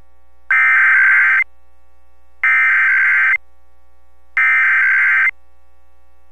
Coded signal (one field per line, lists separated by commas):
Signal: Emergency Alert System (SAME) tones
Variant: header bursts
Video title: National EAS Test Roundup 10/4/2023 - Fargo/Moorhead + Minneapolis/St. Paul